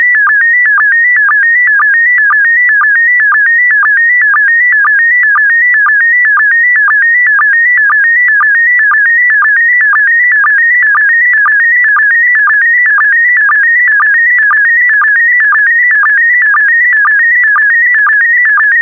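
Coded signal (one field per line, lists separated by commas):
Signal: SSTV (slow-scan television)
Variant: PD120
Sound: steady warbling whistle stepping between pitches, with a short low blip twice a second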